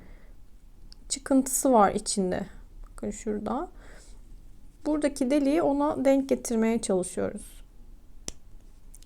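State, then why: Seated. A new blue ink cartridge is pushed onto the grip section of a Kaweco Classic Sport fountain pen, with its opening lined up with the piercing nub inside, while someone talks. After the talking, a sharp click at 8.3 s marks the cartridge seating into place, followed by a few faint ticks.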